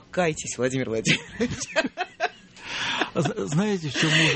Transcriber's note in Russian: все смеются